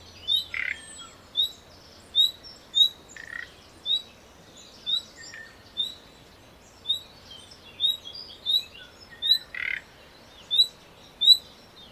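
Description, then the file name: Common nightingale calling, short high whistled notes repeated a little more than once a second, with a few brief harsh rasping bursts mixed in. "Luscinia megarhynchos"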